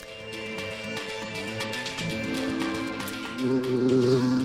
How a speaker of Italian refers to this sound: È diventato un tormentone quella mosca